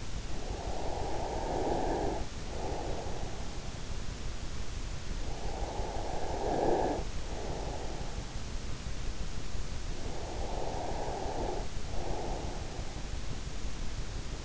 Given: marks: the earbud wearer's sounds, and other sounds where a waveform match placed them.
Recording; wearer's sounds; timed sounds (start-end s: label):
sounds in sleep by an in-ear microphone; breath
0.54-3.43 s: breath
5.54-8.12 s: breath
10.33-12.60 s: breath